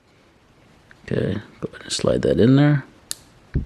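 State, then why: Seated. Someone talks while a yellow wire terminal is slid into a multi-pin connector housing, next to the orange one, while installing a DKD gauge cluster on an Evader. A sharp, bright click at 3.1 s shows the terminal seating in the housing, and a softer tap follows at 3.5 s.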